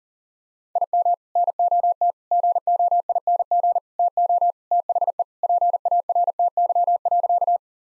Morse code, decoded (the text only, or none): IM NOT GOING TO THE PARTY.